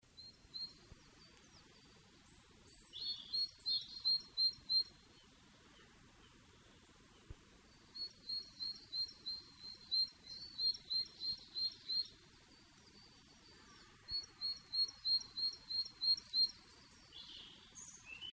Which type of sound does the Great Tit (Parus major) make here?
song